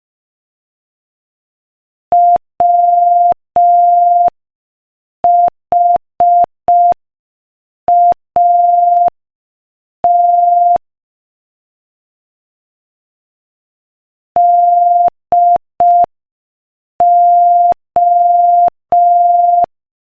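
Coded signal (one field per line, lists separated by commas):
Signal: Morse code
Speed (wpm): 5 wpm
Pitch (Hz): 700 Hz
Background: none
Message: WHAT DO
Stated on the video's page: Morse code practice clip at 5 wpm.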